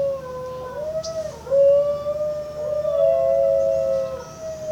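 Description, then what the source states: New Guinea singing dog howl, a wavering, yodel-like tone that dips and rises across several seconds, with a faint second voice harmonizing above. Several New Guinea singing dogs vocalizing.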